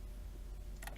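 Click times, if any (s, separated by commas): 0.8 s, 0.9 s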